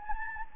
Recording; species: mosquito wingbeat signal from an infrared sensor; Anopheles gambiae